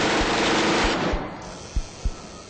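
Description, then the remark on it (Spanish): A loud burst of machine gun fire, a dense crackling roar with heavy thumps, which cuts off and is followed by two sharp, separate shots: a volley of bullets fired by the men of Colonel Esteban Ventura Novo under Batista at two sisters opening their forced apartment door. No one speaks. “Tras llegar a su departamento, luego de haber estado en su tierra natal, Matanzas, celebrando el Día del Padre, encontraron la puerta forzada y al abrirla, una ráfaga de plomo las recibía.”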